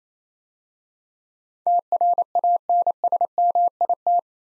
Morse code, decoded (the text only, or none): TRANSMIT